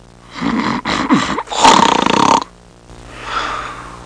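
Snoring from a sleeping adult: a loud, harsh, rattling snore lasting about a second, preceded by shorter grunting snorts, followed by a quieter breath.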